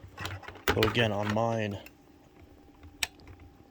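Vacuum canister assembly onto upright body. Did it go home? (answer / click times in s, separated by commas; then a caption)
yes / 3.0 s. Someone talks while the plastic canister of a new Shark Navigator Lift-Away ADV vacuum is set back onto the upright body after lift-away mode, and it has to be wrestled into place. After some faint handling noises, the canister latch seats with a barely audible little click at 3.0 s.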